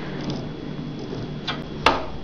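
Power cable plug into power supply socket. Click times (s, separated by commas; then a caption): 1.9 s. A modular power cable plug is pushed into its socket on a power supply over a low steady background with a few faint taps. A single sharp, loud click at 1.9 s marks the plug seating, and it holds firmly in place.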